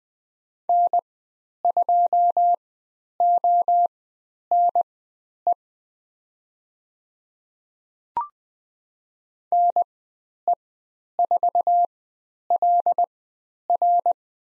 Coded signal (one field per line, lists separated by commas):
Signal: Morse code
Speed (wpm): 20 wpm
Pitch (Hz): 700 Hz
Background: none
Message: N2ONE NE4LR